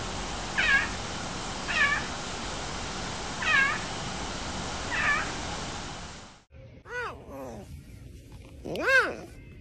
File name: Clouded leopard